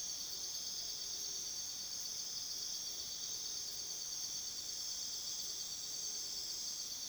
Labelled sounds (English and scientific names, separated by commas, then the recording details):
none
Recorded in pastures near Puerto Asís, Putumayo, Colombia, on 21 February 2024 at 02:00
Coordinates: 0.497, -76.327
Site G7276